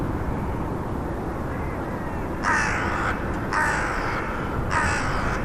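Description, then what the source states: Crow caws, three harsh calls in the second half, over steady low traffic or aircraft rumble. One thousand crows.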